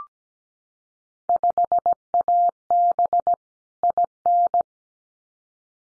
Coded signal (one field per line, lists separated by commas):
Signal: Morse code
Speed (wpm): 17 wpm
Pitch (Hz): 700 Hz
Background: none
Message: 5AB IN